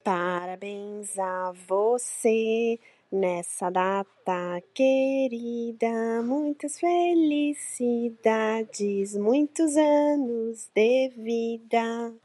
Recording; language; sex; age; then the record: short text; Brazilian Portuguese; female; 60 to 69 years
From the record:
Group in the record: control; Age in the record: 68 years